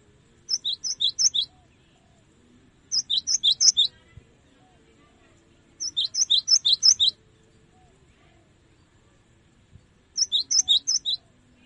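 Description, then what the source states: Cinereous tit song in four bouts, each a rapid series of high, sharp two-note phrases repeated evenly, separated by pauses of about one and a half to three seconds. Tutor song (masteran) used to train caged songbirds.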